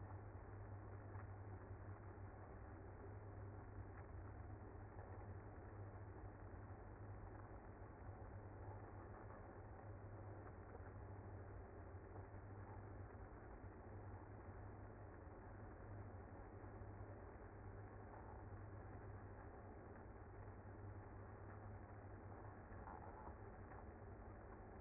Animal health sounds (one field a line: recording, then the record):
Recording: honeybee colony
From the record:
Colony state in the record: active